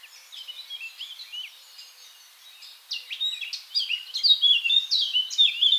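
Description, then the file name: Eurasian blackcap song: a soft, scratchy warble that grows louder and clearer into fast, varied fluty notes for the last three seconds. "Sylvia atricapilla"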